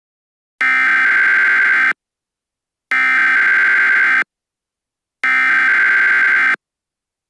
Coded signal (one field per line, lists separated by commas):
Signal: Emergency Alert System (SAME) tones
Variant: header bursts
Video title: eas scenario the worst west Coast day!